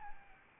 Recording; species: mosquito wingbeat signal from an infrared sensor; Aedes albopictus